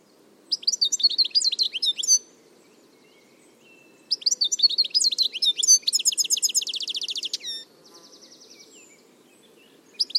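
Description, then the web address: Bird singing rapid, high chirping phrases that run into a dense trill and then a buzzy rattle, in two long bursts with a low steady hum beneath. "Deverinetal"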